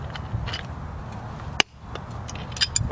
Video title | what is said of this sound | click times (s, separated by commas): the harbor freight Ball Joints press works great!! | I heard it pop already. | 1.6 s